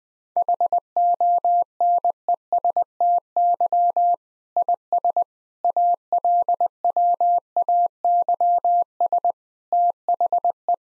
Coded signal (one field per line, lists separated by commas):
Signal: Morse code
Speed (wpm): 20 wpm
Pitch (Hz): 700 Hz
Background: none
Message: HONESTY IS ALWAYS THE